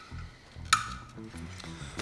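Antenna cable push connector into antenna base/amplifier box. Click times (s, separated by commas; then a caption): 0.7 s. The antenna cable's push connector on a 2010-2014 Mustang is pressed into the antenna base/amplifier box during a shaved-antenna delete. A sharp click at 0.7 s marks it popping into place, followed by fainter ticks near 1.6 s and 2.0 s over a low background hum. The connector is seated.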